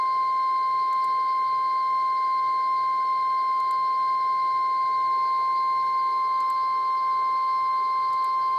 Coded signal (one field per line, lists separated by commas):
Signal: Emergency Alert System (SAME) tones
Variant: 1050 Hz attention tone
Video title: NOAA - Severe Thunderstorm Watch #73 (EAS #1,130)